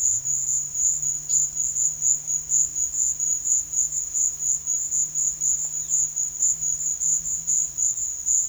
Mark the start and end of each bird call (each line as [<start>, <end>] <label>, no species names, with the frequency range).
[1.23, 1.43] bird call (2.4-7.2 kHz)
[5.58, 6.02] bird call (2.7-4.6 kHz)